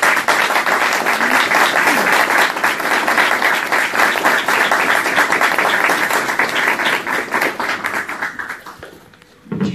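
A crowd applauds steadily, dense overlapping claps sustained at full strength for several seconds, then thinning and fading out quickly near the end.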